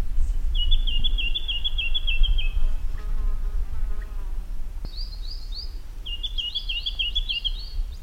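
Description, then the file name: Jacky winter gives repeated quick chattering trills, high-pitched and slightly descending, while a soft series of lower notes sounds in the middle; steady background hiss. "suara jacky winter"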